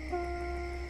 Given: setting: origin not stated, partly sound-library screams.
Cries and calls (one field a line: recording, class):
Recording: one-second piece from a danger detection set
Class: normal situation